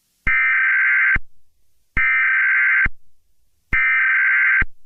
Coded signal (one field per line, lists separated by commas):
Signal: Emergency Alert System (SAME) tones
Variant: header bursts